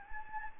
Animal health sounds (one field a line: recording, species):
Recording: mosquito wingbeat signal from an infrared sensor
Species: Anopheles gambiae